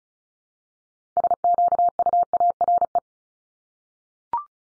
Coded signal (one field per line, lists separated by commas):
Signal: Morse code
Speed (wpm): 36 wpm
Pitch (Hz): 700 Hz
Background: none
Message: SQUARE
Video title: Multi-letter Phonemes 35wpm